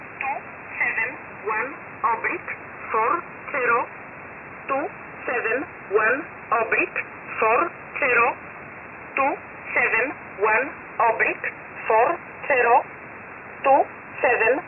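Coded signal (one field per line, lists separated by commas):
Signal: numbers station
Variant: E11 Oblique, English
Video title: 10 11 2021 Number station E11 Oblique in English to Eu 0930 on 7469 unknown tx site in USB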